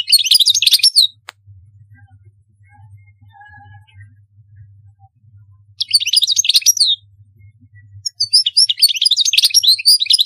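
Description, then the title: European goldfinch song: three bursts of rapid high twittering and chirps separated by pauses, a faint low hum underneath. "Chant Chardonneret"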